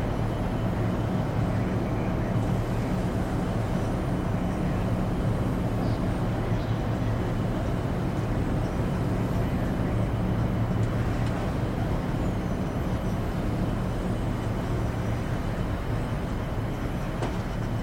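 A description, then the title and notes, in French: Ambience inside a shuttle cabin: a steady, dense low rumble with a droning hum underneath, holding the same loudness for the whole stretch. Faint higher hiss sits on top, with a couple of brief, soft ticks around six and eleven seconds. Vol Spatial | Ambiance Cabine de Navette pour un Sommeil Profond.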